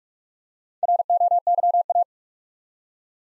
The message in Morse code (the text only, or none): ROYA